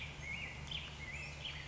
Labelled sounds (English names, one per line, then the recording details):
Black-headed Grosbeak
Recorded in Sonoma County, California